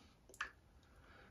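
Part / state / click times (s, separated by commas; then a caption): motor body release on a joiner base / released / 0.4 s. An 8mm spanner lifts the motor body release lever on a Festool DF 500 joiner base until it clicks, freeing the motor body from the base. A faint tick at 0.3 s comes just before the sharp click of the release opening at 0.4 s, with quiet background before and after.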